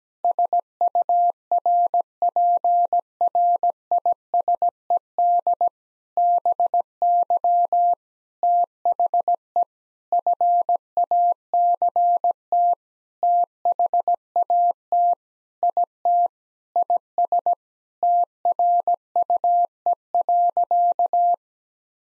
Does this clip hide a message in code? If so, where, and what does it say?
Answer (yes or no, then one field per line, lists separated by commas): yes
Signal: Morse code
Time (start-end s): 0.2-21.3 s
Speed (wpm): 17 wpm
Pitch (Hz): 700 Hz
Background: none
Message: SURPRISED BY THE FACT THAT IT IS TRUE.